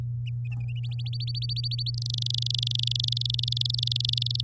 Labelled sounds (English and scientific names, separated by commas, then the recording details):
Domestic Canary (Serinus canaria) song
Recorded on 11 May 2018 at 08:04
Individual llb16